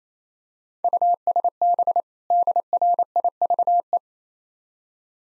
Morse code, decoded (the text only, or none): USB DRIVE